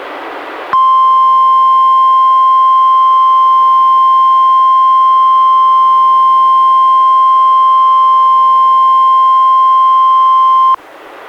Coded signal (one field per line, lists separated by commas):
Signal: Emergency Alert System (SAME) tones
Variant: 1050 Hz attention tone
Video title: EAS #64: NWR Required Weekly Test- July 15, 2015- 11:01AM PDT